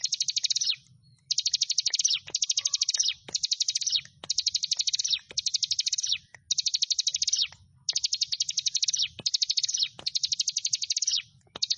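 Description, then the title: Prinia song of many repeated bursts of rapid high trilled notes, with faint clicks and a soft low hum. "Ciblek Sawah"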